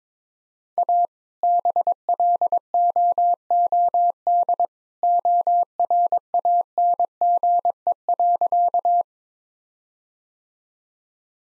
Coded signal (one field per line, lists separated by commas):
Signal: Morse code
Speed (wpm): 22 wpm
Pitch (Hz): 700 Hz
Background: none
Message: A BLOOD ORANGE.